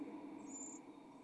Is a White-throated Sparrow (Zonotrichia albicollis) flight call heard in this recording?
no